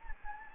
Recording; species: mosquito wingbeat signal from an infrared sensor; Anopheles gambiae